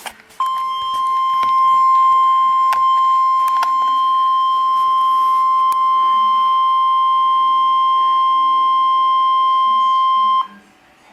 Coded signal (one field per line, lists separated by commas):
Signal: Emergency Alert System (SAME) tones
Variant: 1050 Hz attention tone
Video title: EAS Alert #341 (SVR)